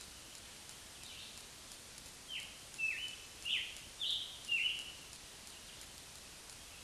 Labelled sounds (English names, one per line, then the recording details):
Scarlet Tanager song
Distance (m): 25 m
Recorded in a Pennsylvania forest on 1 June 2023 at 05:54
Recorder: AudioMoth, point grid3_2_low
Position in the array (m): 131 m, 5 m